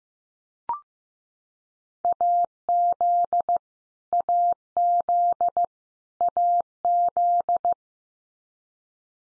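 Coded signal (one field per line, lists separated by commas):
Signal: Morse code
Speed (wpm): 15 wpm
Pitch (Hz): 700 Hz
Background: none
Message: AZ AZ AZ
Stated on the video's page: 15 wpm head-copy drill of US state names, each sent three times, spoken, then sent again.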